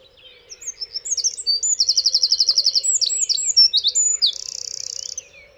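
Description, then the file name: Eurasian wren singing a loud, high-pitched cascade: quick twitters leading into a rattling trill of repeated notes, more warbling, and a dry buzzy trill at the end. "Troglodytes troglodytes"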